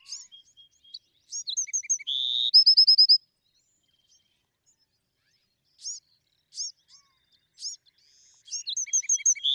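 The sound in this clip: Bewick's wren song with mixed short notes, a buzzy slur and a bright rapid trill, followed by scattered high chips and another phrase starting.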